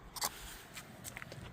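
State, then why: Torque reached. A fuel filler cap on a 2014–2020 Nissan Rogue is lined up and turned clockwise onto the car's fuel filler neck until its torque-limiting ratchet clicks, which secures the cap. After some handling noise, short, quiet ratchet clicks sound at 1.2, 1.2 and 1.3 seconds, showing the cap is tightened.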